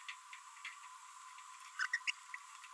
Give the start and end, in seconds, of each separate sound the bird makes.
1.79-1.86, 1.93-1.97, 2.08-2.11